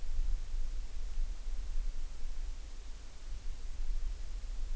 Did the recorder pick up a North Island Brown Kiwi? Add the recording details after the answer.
no. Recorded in New Zealand on 5 June 2013. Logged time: 02:19